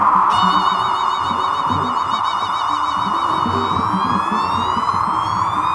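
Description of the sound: A steady mid-pitched band of rushing noise runs throughout, with faint warbling high tones above it and low clutter underneath. These are audiometer test tones played in pulsed form, to be compared with a patient's own rushing tinnitus.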